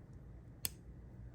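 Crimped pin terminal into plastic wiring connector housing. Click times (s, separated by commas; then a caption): 0.7 s. A crimped metal terminal is pushed into the middle cavity of a plastic Holley universal automotive connector housing until its stamped locking tang catches on the nubs inside. A single sharp, bright click is heard at 0.7 s over a quiet, low background hum. The terminal is seated and locked into the housing.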